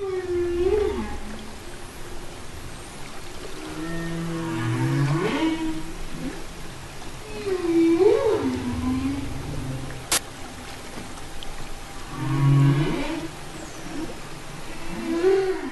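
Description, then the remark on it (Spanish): Low, wavering whale calls rise and fall in long sweeping moans, repeating in phrases every few seconds over a murky underwater rumble, with one sharp click partway through. “Les agradecemos que nos acompañen a escuchar Canto con Ballenas.”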